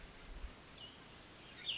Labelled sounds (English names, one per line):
Cassin's Vireo